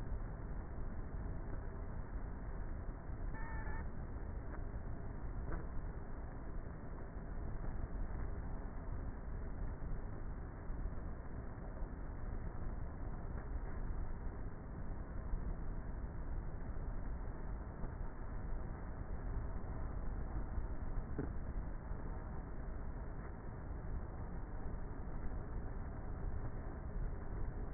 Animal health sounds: honeybee colony, microphone inside the hive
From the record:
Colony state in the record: queenless with a low population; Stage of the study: before two queens were removed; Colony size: about 30,000 bees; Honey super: no

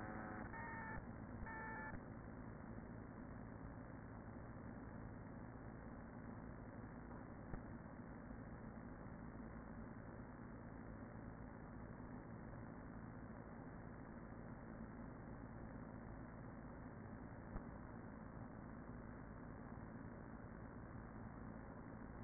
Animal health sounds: honeybee colony, microphone inside the hive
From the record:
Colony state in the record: queen present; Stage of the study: after two queens were removed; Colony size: about 40,000 bees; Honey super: no

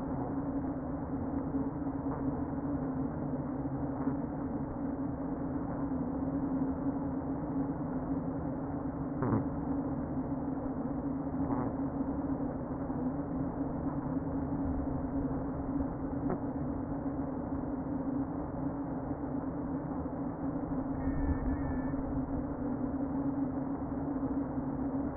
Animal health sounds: honeybee colony, microphone inside the hive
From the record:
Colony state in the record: queen present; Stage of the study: before two queens were removed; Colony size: about 60,000 bees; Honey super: yes

